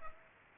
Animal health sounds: mosquito wingbeat signal from an infrared sensor; Culex pipiens

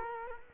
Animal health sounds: mosquito wingbeat signal from an infrared sensor; Culex quinquefasciatus

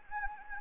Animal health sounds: mosquito wingbeat signal from an infrared sensor; Anopheles gambiae

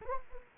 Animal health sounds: mosquito wingbeat signal from an infrared sensor; Anopheles gambiae

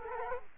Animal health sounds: mosquito wingbeat signal from an infrared sensor; Culex quinquefasciatus

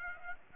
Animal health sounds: mosquito wingbeat signal from an infrared sensor; Aedes aegypti

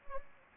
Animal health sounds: mosquito wingbeat signal from an infrared sensor; Anopheles gambiae

